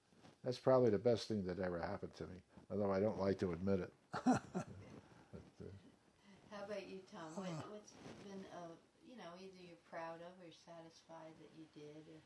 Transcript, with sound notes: that's probably the best thing that ever happened to me. Although I don't like to admit it. But, uh — (laughs)
How about you, Tom, what's been of — you know, anything that you're proud of or that you're satisfied that you did?